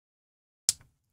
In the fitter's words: There's a snap. I heard a snap. Finally, a really good one.